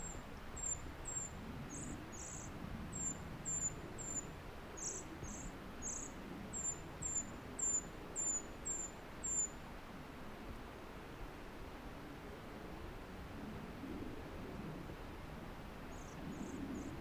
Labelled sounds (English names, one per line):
Short-toed Treecreeper call